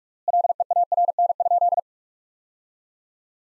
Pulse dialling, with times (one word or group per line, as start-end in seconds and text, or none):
none